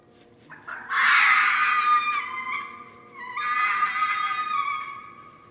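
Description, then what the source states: Red fox screaming: two long, harsh, hoarse wails, the first starting abruptly and fading, the second following after a short break, with faint background hiss. Recorded at night on 17 December 2011.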